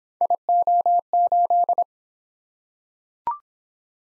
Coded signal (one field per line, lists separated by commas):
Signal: Morse code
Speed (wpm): 26 wpm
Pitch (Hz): 700 Hz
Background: none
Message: IO8